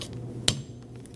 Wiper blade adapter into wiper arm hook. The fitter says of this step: Make sure it clicks into the hook.